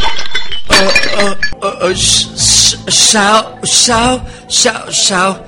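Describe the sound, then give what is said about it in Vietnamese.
A glass beer bottle drops and shatters on the floor, a bright crash followed by repeated clinking, splintering bursts, with a wavering voice sounding over it. “Lâm Mang hoảng loạn, làm vỏ chai bia rơi xuống đất vỡ tan.”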